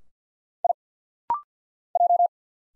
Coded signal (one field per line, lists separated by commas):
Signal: Morse code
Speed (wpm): 45 wpm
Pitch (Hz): 700 Hz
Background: none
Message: I J